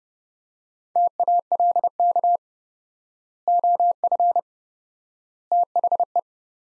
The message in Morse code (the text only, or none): TALK OF THE